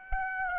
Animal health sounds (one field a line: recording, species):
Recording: mosquito wingbeat signal from an infrared sensor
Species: Aedes aegypti